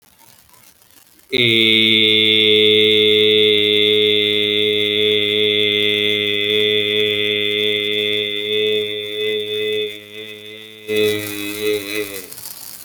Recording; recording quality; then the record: sustained vowel as in made; excellent, no background noise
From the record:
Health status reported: healthy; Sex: male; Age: 44 years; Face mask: not worn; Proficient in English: yes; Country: India